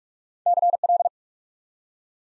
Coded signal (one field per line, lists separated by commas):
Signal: Morse code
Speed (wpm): 45 wpm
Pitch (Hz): 700 Hz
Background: none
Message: CL